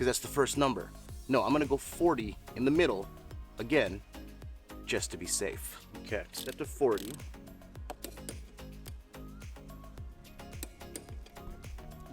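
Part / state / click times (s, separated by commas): torque wrench on lawn mower blade bolt / torque reached / 10.6 s, 11.0 s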